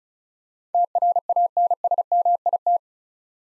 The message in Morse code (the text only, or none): TRANSMIT